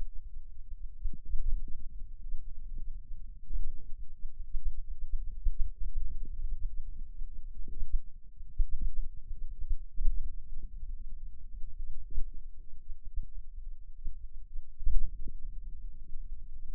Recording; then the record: forearm muscle sounds (acoustic myography)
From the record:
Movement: hand opening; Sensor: system 2, bracelet of six BSWA MPA416 microphones around the upper forearm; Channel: 5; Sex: male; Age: 22 years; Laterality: right